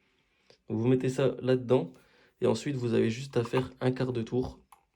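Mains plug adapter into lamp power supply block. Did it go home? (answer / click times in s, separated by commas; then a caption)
no / none. A country-specific mains plug adapter is fitted into the power supply block of a Secret Jardin Power Pack 125W lamp, with its tabs going into the holes before a fraction of a turn. Someone talks throughout, and a few faint handling taps are heard. Nothing has seated or clicked yet when the clip ends.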